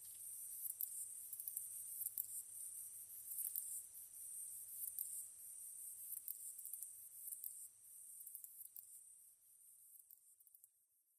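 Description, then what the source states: Katydid song: a dense, high-pitched ticking and hissing that runs almost continuously, then thins out and fades toward the end. Recorded 15 August 2010 at 22:07.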